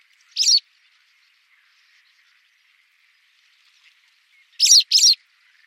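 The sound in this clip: White wagtail calls: one sharp, high chirp, then after a long pause two quick chirps close together, with nothing else heard.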